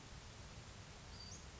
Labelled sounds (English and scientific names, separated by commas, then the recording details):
Western Flycatcher (Empidonax difficilis)
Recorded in Sonoma County, California